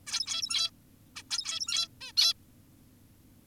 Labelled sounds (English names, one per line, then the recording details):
Zebra Finch
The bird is an adult
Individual g17y2U